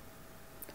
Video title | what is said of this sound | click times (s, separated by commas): #1 Method of Refill HP Cartridge 60 61 62 63 64 65 66 67 68 21 59... | Press in hard. You will hear a click, and it’s in. | 0.6 s